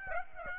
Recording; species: mosquito wingbeat signal from an infrared sensor; Aedes aegypti